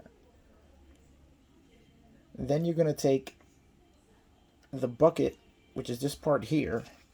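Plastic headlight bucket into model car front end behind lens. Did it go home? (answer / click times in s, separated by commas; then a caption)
no / none. A plastic headlight bucket is handled in front of the clear headlight lens at the front end of a Revell Corvette C7.R model car, where it is meant to snap in behind the lens. Someone talks in three bursts, from about 2.4 to 3.2 s, 4.7 to 5.3 s and 5.8 to 7.0 s, over a quiet background with a faint tick at 0.1 s. The clip ends before the bucket goes in, and nothing has seated or clicked yet.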